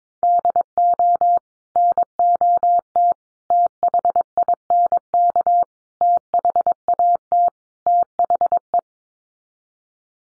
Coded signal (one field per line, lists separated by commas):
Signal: Morse code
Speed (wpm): 22 wpm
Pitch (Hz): 700 Hz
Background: none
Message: DO NOT THINK THAT THE